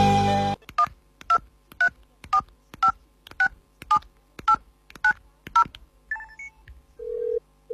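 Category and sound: signal or alarm, telephone number being dialed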